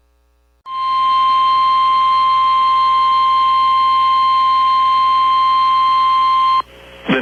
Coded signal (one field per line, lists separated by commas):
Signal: Emergency Alert System (SAME) tones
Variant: 1050 Hz attention tone